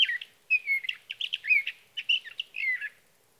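Sage thrasher song: varied warbling phrases with sliding, descending whistles, delivered in quick bursts separated by short gaps, in a quiet setting.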